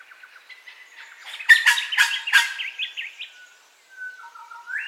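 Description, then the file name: Bird song, a loud burst of rapid chattering and buzzy notes after softer chirps, then a pause and a slow rising whistle. Dawn birdcall ambience, in stereo. "AMBIENCE DAWN BIRDCALLS 03 STEREO"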